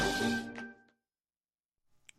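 A loud voiced burst with a sharp hissing release, lasting under a second, then near silence. This is an acted sneeze by the character Hye-ju in the Korean TV drama All About My Mom, sneezing in another character's face. It is voiced like the Korean sneeze sound "echi," similar to "achoo" in English.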